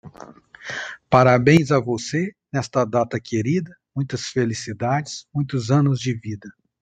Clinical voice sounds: short text; Brazilian Portuguese; male; 40 to 49 years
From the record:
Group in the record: control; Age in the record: 43 years

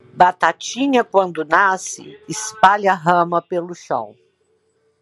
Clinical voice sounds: short text; Brazilian Portuguese; female; 50 to 59 years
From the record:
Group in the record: control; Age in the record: 59 years

